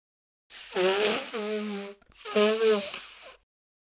Sneeze human.